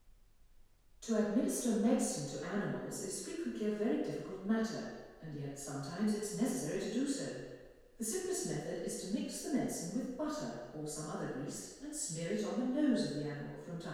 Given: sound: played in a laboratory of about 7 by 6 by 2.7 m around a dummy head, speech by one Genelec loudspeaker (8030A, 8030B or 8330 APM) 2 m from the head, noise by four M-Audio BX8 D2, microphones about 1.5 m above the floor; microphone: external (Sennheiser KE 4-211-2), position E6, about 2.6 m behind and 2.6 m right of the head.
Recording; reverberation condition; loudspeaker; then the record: female speech in English; high; 30 degrees to the right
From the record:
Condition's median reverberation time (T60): about 1300 ms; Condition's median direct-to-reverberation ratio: about -4.0 dB